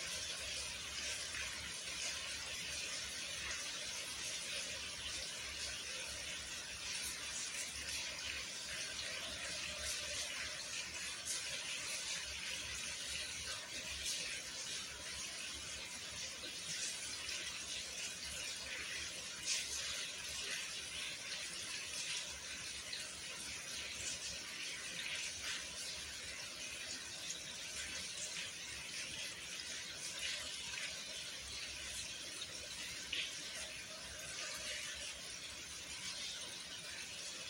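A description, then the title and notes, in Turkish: Steady rain sounds across the whole stretch, a dense, even hiss of countless small drops that stays bright and constant without pause. Faint individual ticks and taps stand out now and then, and a soft low rumble sits underneath throughout. Yağmur Sesi.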